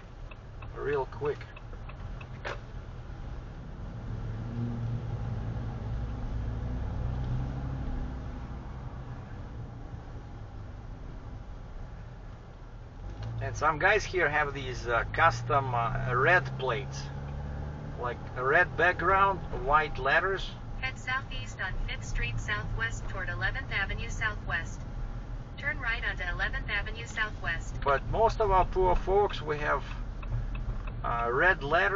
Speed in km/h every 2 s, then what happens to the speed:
3, 3, 6, 11, 12, 14, 9, 11, 14, 18, 22, 21, 21, 25, 27, 24.
0-9 speeds up to 14. 13-19 speeds up to 22. 19-32 steady at about 22.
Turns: none.